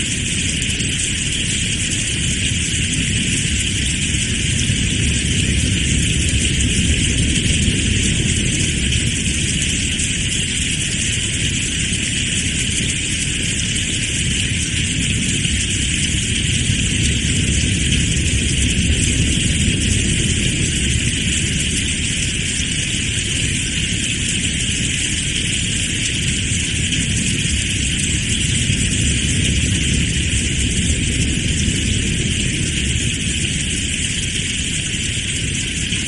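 Strong wind roars with steady rain, a dense, unbroken wash of sound. A deep low rumble from the gusts sits under a bright, even hiss of rainfall, swelling slightly between about eight and twenty seconds before settling back.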